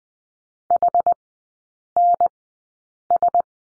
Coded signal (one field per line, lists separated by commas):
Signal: Morse code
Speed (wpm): 20 wpm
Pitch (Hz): 700 Hz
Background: none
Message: HNS